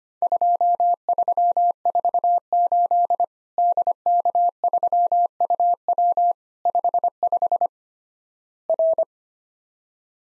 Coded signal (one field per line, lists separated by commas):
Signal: Morse code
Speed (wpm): 25 wpm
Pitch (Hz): 700 Hz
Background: none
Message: 2348 DK3UW 55 R